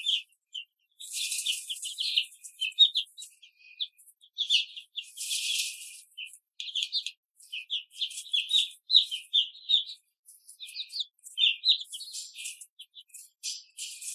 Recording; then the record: young laying hens in a cage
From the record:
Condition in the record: control cage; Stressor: none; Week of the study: 5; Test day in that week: 1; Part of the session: 3